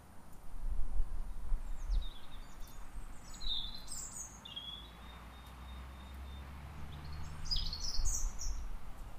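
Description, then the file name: European robin singing several short, high, sweet phrases, some sliding down, spaced a few seconds apart against a constant low-pitched background rumble. "Erithacus rubecula"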